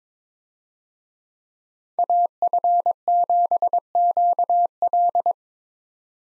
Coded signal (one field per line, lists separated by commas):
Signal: Morse code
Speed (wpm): 22 wpm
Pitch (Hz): 700 Hz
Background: none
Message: AF7QL